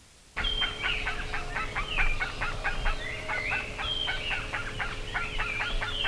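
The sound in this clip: Bird calls beginning abruptly in a busy stream of harsh, stacked notes with occasional rising squeals, over a constant low hum.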